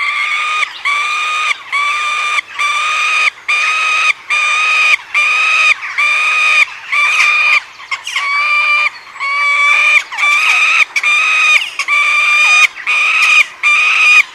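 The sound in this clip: Peregrine falcon in a steady series of loud, harsh wailing cries, repeated with short pauses throughout.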